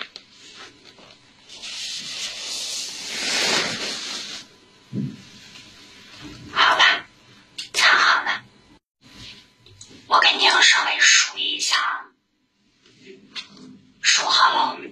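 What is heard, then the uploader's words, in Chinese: Hair is combed gently, each stroke a soft, scratchy swish. A long slow stroke runs from about 1.5 to 4.5 seconds, then shorter, irregular strokes follow, clustered most densely between 10 and 12 seconds. A low thump lands near 5 seconds, and a faint steady tone hums underneath. 轻轻的梳头。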